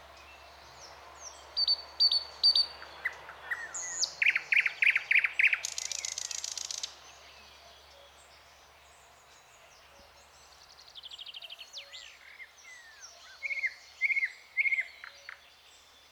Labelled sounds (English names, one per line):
Thrush Nightingale song